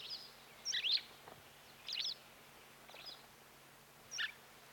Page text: Дарвиновский музей - Белая трясогузка